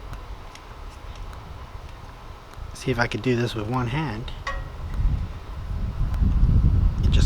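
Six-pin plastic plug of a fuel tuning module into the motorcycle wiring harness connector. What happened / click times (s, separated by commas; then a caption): The plug is handled and lined up but not yet seated / none. Someone talks while lining up the six-pin plastic plug of a Vance & Hines Fuelpak 3 fuel tuning module with a motorcycle wiring harness connector using one hand, with faint handling taps and a low rumble that grows toward the end. The plug is not pushed home yet, and nothing has seated or clicked.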